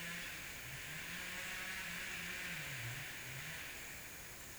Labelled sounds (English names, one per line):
none